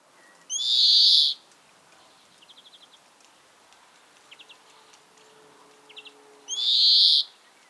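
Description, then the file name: European greenfinch giving two loud, harsh, wheezy buzzes several seconds apart, with faint short ticking trills between them. "Chloris chloris"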